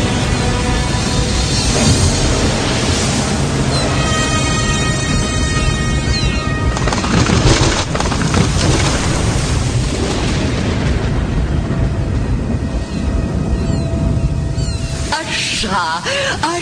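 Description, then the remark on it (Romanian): A raging sea storm by sharp rocks roars without pause, waves crashing heavily amid deep booming thunder, with a high howling, whistling wind rising and falling over the loud, dense rumble. “Furtuna asta este binevenită.”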